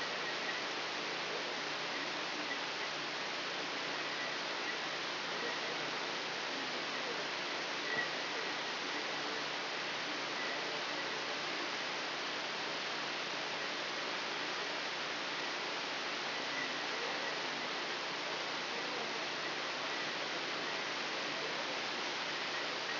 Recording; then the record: brain microelectrode recording played as sound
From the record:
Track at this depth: inside the subthalamic nucleus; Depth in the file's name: 3.508 mm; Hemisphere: left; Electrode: 3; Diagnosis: Parkinson's disease